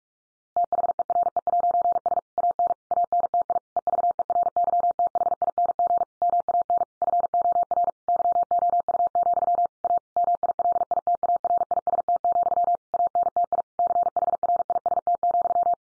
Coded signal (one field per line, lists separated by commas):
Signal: Morse code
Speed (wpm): 44 wpm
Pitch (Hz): 700 Hz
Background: none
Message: THERE'S AN ANTI EVERYTHING MAN FOR YOU, A MILITARIST, ANTI CHRIST,